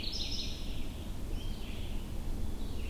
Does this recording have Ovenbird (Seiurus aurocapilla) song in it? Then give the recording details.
no. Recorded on 22 June 2016 at 07:35. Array SBT-6-76